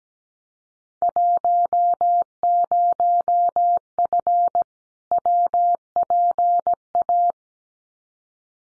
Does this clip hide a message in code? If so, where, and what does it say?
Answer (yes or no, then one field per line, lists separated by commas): yes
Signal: Morse code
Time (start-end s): 1.0-7.3 s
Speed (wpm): 17 wpm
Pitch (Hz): 700 Hz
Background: none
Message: 10F WPA